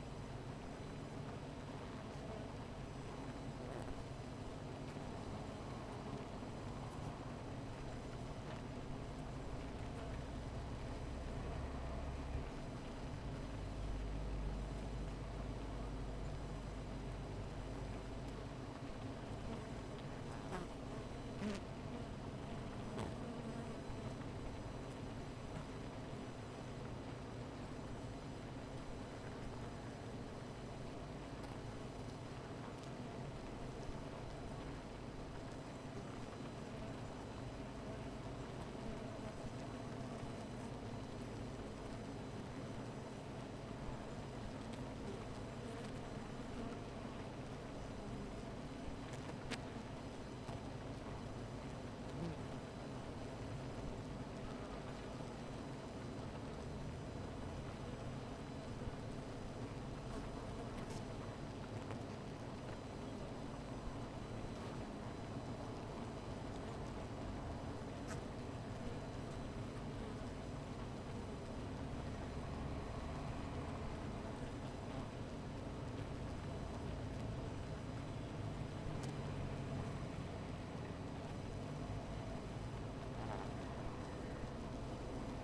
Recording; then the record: honeybee colony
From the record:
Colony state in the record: missing queen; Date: 14 July 2017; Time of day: 17:07